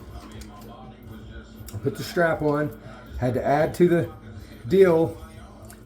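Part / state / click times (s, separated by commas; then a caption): strap clip on a kite reel / not seated / none. Someone talks while handling a strap that was added as a modification to a nine-dollar handheld kite reel, with a few faint ticks heard along the way. The strap clip has not clicked closed yet; nothing has seated.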